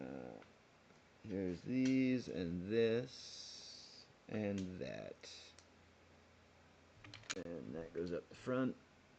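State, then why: Not seated. Someone talks while handling a plastic building brick meant to go onto a LEGO Lord of the Rings "The Shire" set 10354 model, with a few brief light ticks between the speech. The piece has not snapped into place yet; nothing has seated or clicked.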